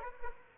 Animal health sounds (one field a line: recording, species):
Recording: mosquito wingbeat signal from an infrared sensor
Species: Aedes aegypti